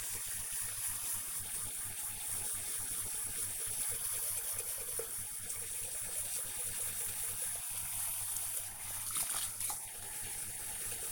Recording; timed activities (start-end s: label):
household activities, microphone on the right wrist
0.00-11.12 s: brushing teeth